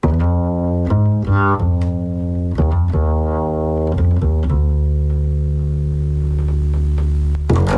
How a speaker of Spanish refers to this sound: Está bien, sí, se termina escuchando este contrabajo. Y seguramente ahora va a empezar otro instrumento más, además del contrabajo.